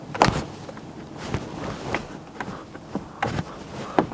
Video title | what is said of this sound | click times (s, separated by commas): HOW TO INSTALL VW golf MK7-7.5 steering wheel | apply equal pressure onto both sides and you'll hear it click like this | 0.2 s, 4.0 s